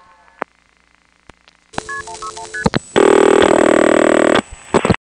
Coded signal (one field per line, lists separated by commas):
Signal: multi-frequency trunk signalling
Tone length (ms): 90 ms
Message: KP161ST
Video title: Operator Roulette 5 — Electromechanical Telephone Sounds from the 1970's — 5 Hours - Single Track!